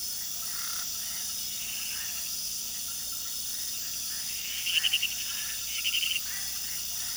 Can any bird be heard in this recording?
no